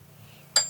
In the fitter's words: till it locks in place like so